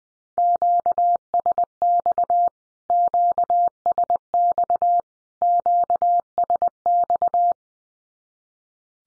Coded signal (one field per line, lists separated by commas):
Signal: Morse code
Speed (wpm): 20 wpm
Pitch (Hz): 700 Hz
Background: none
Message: QSX QSX QSX